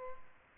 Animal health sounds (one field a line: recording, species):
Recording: mosquito wingbeat signal from an infrared sensor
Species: Culex pipiens